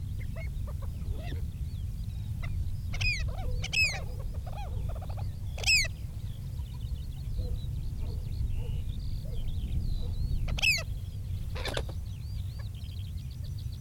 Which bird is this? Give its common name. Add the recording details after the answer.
Pied Avocet. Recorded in the wild. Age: adult. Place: Glewitz, Insel Rügen, Mecklenburg-Vorpommern. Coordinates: 54.252, 13.299. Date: 1975-06-07. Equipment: Nagra III BH, Sennheiser MD 21. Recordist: Schubert, Michael. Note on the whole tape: Säbelschnäbler mit gestoßenen, tiefen Rufen; anfangs Flugzeuglärm; Mikrofon Sennheiser MD 421 u. Kabel